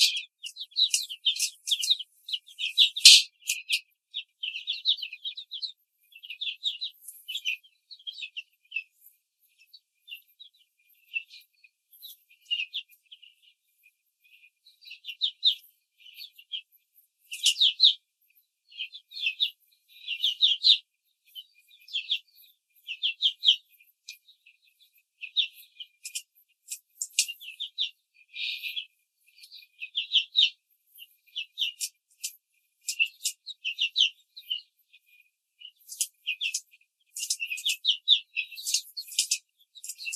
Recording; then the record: young laying hens in a cage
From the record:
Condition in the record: control cage, before the stress test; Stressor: none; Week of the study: 4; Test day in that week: 1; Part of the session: 1